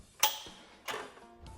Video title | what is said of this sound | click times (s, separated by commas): Exposing the Best-Kept Secret in Chop Saws | and a pin will lock into place on one of the holes in the rails | 0.2 s